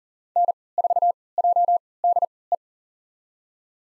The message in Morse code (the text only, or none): N4JDE